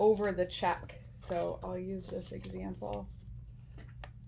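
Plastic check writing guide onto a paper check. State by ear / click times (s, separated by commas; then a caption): seated / 4.0 s. Someone talks while a black plastic check-writing guide for low-vision users is pressed down over a paper check. A faint tick comes just before a sharp click at 4.0 s, when the guide seats into place on the check.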